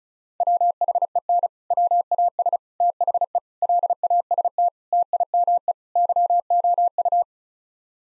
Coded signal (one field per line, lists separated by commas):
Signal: Morse code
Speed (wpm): 34 wpm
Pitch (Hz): 700 Hz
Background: none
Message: WHEN WAS THE LAST TIME YOU